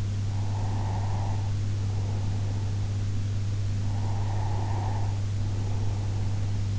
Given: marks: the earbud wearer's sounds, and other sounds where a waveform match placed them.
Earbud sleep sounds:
sounds in sleep by an in-ear microphone; breath
0.22-3.03 s: breath
4.00-6.79 s: breath

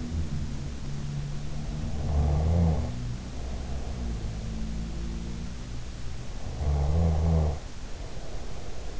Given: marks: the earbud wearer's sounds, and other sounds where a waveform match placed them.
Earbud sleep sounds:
sounds in sleep by an in-ear microphone; snoring breath
0.00-6.40 s: sound from someone else or the room
1.88-4.45 s: snoring breath
6.56-8.99 s: snoring breath

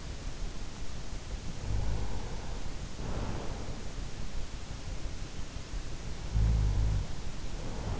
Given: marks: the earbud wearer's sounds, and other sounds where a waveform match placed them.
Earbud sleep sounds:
sounds in sleep by an in-ear microphone; snoring breath
1.57-3.57 s: snoring breath
6.01-8.00 s: snoring breath

